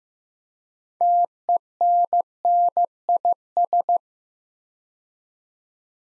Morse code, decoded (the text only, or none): TENNIS